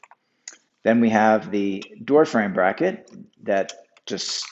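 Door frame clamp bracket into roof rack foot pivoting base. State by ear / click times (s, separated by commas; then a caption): not seated / none. A metal door frame clamp bracket is handled against the plastic pivoting base of a Thule Evo Clamp roof rack foot, for a WingBar Evo crossbar setup on a 2016+ Mazda CX-3 5-door SUV. Brief taps are heard at about 0.0, 0.1 and 0.5 s, then someone talks for the rest of the clip. Nothing has clicked or seated yet.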